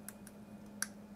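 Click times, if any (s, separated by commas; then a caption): 0.8 s. A Pico PSU, a small plug-in power supply board with a plastic connector housing and metal pins, is pushed onto a motherboard's 24-pin ATX power header. Two faint ticks at about 0.1 and 0.3 s over a steady low hum lead to one sharp latch click at 0.8 s. The Pico PSU is seated in the 24-pin header.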